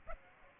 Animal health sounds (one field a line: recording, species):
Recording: mosquito wingbeat signal from an infrared sensor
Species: Aedes aegypti